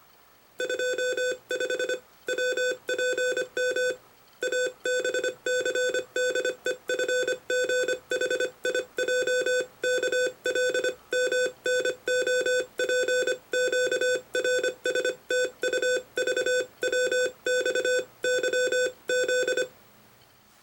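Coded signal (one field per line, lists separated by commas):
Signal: Morse code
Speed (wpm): 23 wpm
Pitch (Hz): 500 Hz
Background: none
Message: 25 WPM ABCDEFGHIJKLMNOPQRSTUVWXYZ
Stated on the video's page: Morse code demonstration in an introduction to its use in ham radio.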